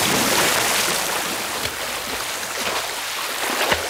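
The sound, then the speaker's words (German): Steady, loud rushing and churning water fills the whole stretch as a person jumps into the water from the end of a pier, with a couple of brief sharper splashes breaking through; no one speaks. “Ehe ich es mir anders überlegen konnte, sprang ich ins Wasser.”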